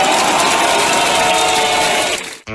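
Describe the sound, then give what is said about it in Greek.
A crowd applauds and screams, cheering their mayor's speech, in a loud, dense, steady roar of clapping and shouting that stops abruptly just before the end, giving way to a brief, different tonal sound. “τα χειροκροτήματα, ουρλιαχτά, χάρηκαν πάρα πολύ που ο δήμαρχός τους μίλησε με αυτόν τον τρόπο και περιέγραψε ακριβώς τι πρόκειται να γίνει.”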